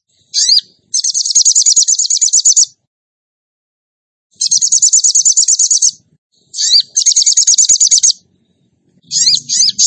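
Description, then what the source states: Bird song: several bursts of rapid, high rattling trills, each lasting one to two seconds, with pauses between them. A bird singing in the tembakan gacor style; masteran training.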